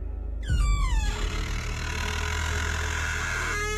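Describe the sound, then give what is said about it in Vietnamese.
A house door is slowly pulled wide open at night by a silent crowd of people, a high creak sliding downward in pitch over a heavy low rumble, then settling into a steady, dull hum with no voices. “Chỉ còn tiếng của họ từ từ kéo cánh cửa mở rộng ra”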